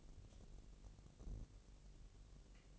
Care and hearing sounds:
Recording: daily activity, microphone in the room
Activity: take from stove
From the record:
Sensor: 4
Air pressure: 1002.8 hPa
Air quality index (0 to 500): 244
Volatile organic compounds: 11 ppm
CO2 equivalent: 2290 ppm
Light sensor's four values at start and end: 8/17/7/7 and 7/17/7/7

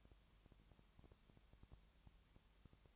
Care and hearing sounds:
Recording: daily activity, microphone in the room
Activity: no activity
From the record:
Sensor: 3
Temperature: 20.6 degrees Celsius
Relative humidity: 34.7%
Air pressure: 1007.2 hPa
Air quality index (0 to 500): 137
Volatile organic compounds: 3 ppm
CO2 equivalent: 1525 ppm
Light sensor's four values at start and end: 2/3/2/2 and 2/3/2/2

